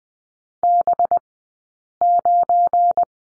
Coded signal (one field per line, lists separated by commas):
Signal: Morse code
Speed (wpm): 20 wpm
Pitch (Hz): 700 Hz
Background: none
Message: B9